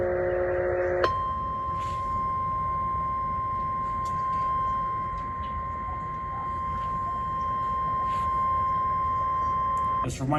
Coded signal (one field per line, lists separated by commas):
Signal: Emergency Alert System (SAME) tones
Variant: 1050 Hz attention tone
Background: speech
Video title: Severe Thunderstorm Warning For My County EAS#712 KPBX-FM